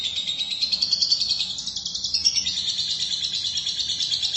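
Lovebird song: a dense, scratchy, high chatter with fast pulsing notes that dips briefly around two seconds and then resumes.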